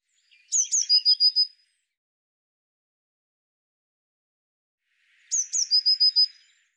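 Eurasian blue tit calling twice, each call a couple of thin high notes followed by a fast trill, with a long silent gap between.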